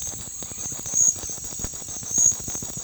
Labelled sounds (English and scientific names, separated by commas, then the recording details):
none
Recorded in secondary vegetation near Puerto Asís, Putumayo, Colombia, on 4 March 2025 at 08:30
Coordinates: 0.499, -76.323
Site G094